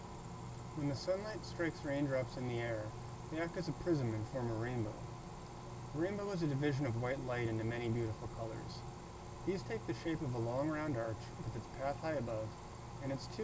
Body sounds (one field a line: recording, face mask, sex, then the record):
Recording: reading aloud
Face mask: surgical mask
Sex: male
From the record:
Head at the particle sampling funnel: tilted up or above it, chin in front of it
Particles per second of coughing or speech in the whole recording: 0.333